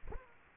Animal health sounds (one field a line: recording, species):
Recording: mosquito wingbeat signal from an infrared sensor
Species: Aedes aegypti